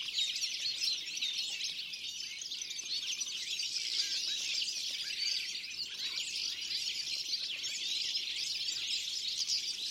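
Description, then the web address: Bird chorus of countless high, twittering chirps layered over one another, continuous and even in loudness for the whole stretch. "Deverinetal"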